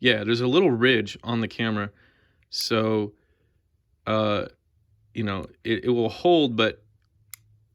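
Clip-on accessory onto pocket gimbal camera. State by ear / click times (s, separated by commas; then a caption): seated / 7.3 s. A small plastic clip-on accessory is pressed onto a DJI Pocket 2 pocket gimbal camera, which has a small ridge, while someone talks. A single sharp click is heard at 7.3 seconds as the accessory seats on the camera.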